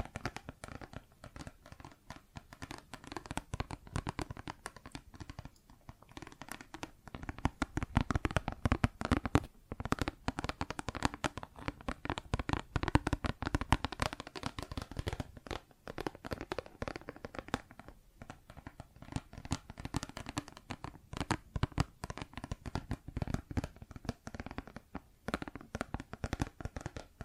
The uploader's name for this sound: Plastic Objects Tapping and Scratching